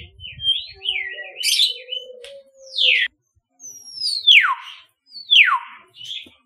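Common hill myna singing a wavering warbled whistle, then three loud whistles that sweep steeply downward, with a faint low rumble at the start.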